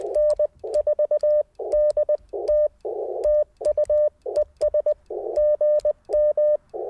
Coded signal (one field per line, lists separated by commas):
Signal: Morse code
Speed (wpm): 20 wpm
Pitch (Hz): 600 Hz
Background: none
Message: N4DT TU ES GM